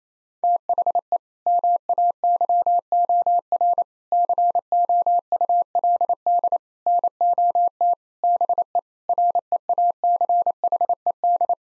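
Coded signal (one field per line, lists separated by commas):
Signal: Morse code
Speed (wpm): 27 wpm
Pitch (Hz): 700 Hz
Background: none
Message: THE MAYOR COULD NOT BE REACHED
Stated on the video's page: Morse practice sentences of common six-word phrases at 28 wpm, each sent, then spoken, then sent again; first words spoken beforehand.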